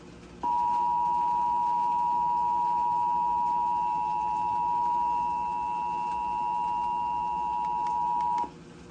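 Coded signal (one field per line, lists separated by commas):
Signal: Emergency Alert System (SAME) tones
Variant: 853 and 960 Hz attention tone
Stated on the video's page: Tornado warning relayed by Xfinity cable on TV.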